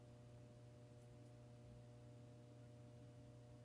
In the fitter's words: won't snap in. Come on. I'm not putting it in the right way,